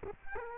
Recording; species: mosquito wingbeat signal from an infrared sensor; Culex quinquefasciatus